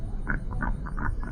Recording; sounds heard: poultry house recording; sick chickens (respiratory disease)